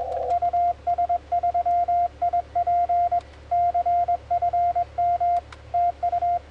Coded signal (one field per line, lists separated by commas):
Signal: Morse code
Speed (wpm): 22 wpm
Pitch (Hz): 2100 Hz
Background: radio noise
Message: US3IP CFM TU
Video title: FK8DD/M QSO with US3IP UT6UA on 20m 18/09/2015